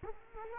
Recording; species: mosquito wingbeat signal from an infrared sensor; Culex quinquefasciatus